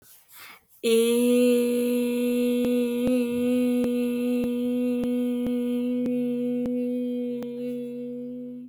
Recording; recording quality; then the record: sustained vowel as in made; excellent, no background noise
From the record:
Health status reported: exposed to COVID-19, no respiratory illness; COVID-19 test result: negative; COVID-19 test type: RT-PCR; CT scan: not taken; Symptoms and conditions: cough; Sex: female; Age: 24 years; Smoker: no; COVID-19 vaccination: both doses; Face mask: not worn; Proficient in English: yes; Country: United States